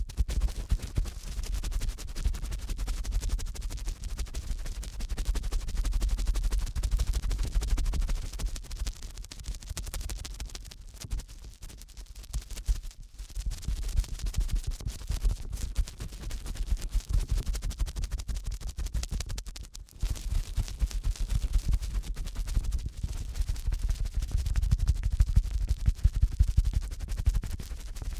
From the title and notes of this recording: ASMR Strong Fast Ear Cleaning Collection (No Talking).